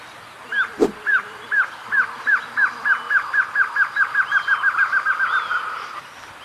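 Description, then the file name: Glossy antshrike singing a series of hooked notes that starts slowly and accelerates into a rapid, fading run, with a single sharp knock near the start. "Canto do choca dagua"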